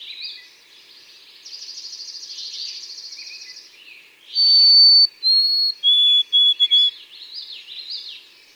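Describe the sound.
White-throated sparrow singing pure whistles: one high held note, a slightly lower one, then a stuttering series of lower notes, after a long buzzy trill from another bird.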